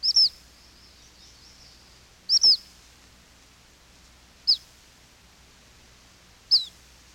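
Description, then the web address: Black phoebe song: four high, thin phrases about two seconds apart, the first two doubled and sweeping, the last two short single notes, over quiet low hum. "peterchen. 101 Bird Songs. Black Phoebe"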